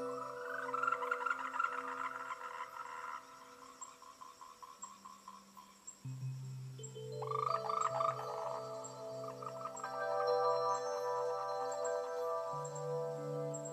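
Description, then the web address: Frogs in a pulsed croaking chorus that fades and returns, heard over steady low humming tones that shift in pitch. "otonoki frogs Dream"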